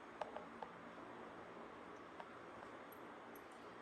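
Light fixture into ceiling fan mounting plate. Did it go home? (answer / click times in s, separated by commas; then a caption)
no / none. A light fixture is lined up by its letter marks and handled against a ceiling fan's mounting plate, producing a few light, sharp taps around 0.2, 0.4, 0.6 and 2.2 seconds over a steady low background hum. Nothing has seated or clicked into place yet.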